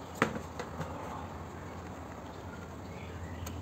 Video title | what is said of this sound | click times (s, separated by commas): 🗜️spring clamp plier / tang klem radiator / constant tension clamp | gak sampai klik ya gak sampai klik balik lagi ke tempat semula | none